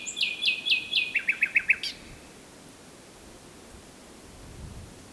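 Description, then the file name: Common nightingale song: a brief phrase of fast repeated high notes dropping into quick chirps, about two seconds long, followed by quiet. "Luscinia megarhynchos"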